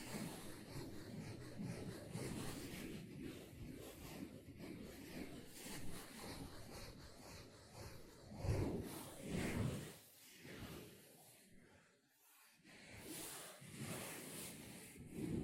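Sponge being scratched and squished, a dense, rough rubbing texture that runs steadily for the first eight seconds. Around 8 to 10 seconds come louder, heavier squishing strokes, then the sound thins to a near pause at 12 seconds before brushing picks up again.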